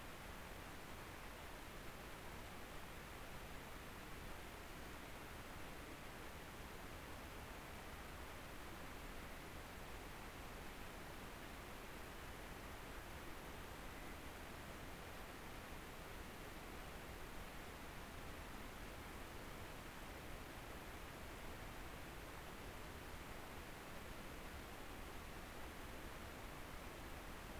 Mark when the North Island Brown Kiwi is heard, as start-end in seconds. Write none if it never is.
none